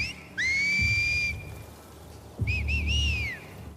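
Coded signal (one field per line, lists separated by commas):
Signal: whistled language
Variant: Seraphite whistles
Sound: a long rising whistle, pause, then two short whistles and a swooping answering whistle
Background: low rumbling ambience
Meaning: Patrol check: one scout calls and another answers to confirm all is well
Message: The Call, The Answer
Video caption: Number one on our list actually comprises two different whistles; the Call and the Answer. When Scars are spread out in a patrol, you will often hear a call go out like this. (The Call Whistle) (The Answer Whistle)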